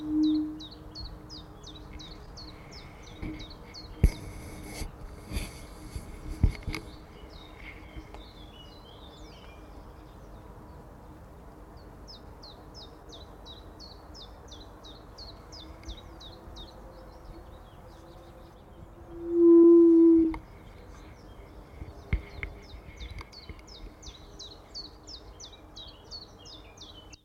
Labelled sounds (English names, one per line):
Common Chiffchaff